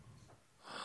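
A brief, low rattling snort fades into a rush of breathy airflow, all within under a second. It is an adult's deliberate impression of somebody snoring, felt at the back of the throat, used to show the throat-constricted sound of ujjayi breathing rather than true sleep snoring.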